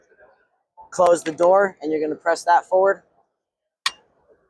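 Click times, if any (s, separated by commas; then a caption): 3.9 s. A pistol is slid into a carbine conversion chassis with its rear sight lined up with the groove near the charging handle, the door is closed, and the pistol is pressed forward. Someone talks, then a sharp click sounds at 3.9 s as the pistol locks into the chassis.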